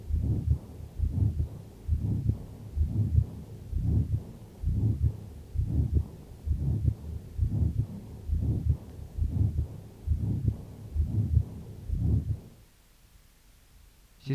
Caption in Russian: Второй тон над аортой резко ослаблен или не выслушивается вовсе, а грубый систолический шум как бы переходит в мягкий диастолический.